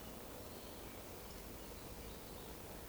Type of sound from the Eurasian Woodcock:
whistle